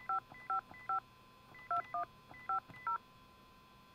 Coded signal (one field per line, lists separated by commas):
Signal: DTMF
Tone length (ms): 110 ms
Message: 555 2150